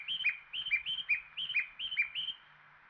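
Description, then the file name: Japanese bush warbler song as a rapid string of about six two-part whistled phrases, high then dipping lower, evenly spaced, with faint background hiss. "uguisu"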